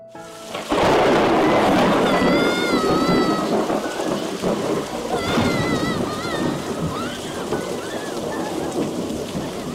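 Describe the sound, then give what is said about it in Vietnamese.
A loud rumbling thunderclap bursts in suddenly, so deafening the whole building seems to shake, and rolls on in a long, heavy crackle over steady pouring rain, with no voices. “Bầu trời quang đãng cũng đột ngột vang lên một tiếng sấm rền đinh tai, cả tòa nhà như rung chuyển.”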